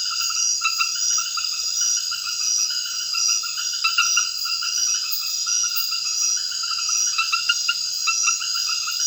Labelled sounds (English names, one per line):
none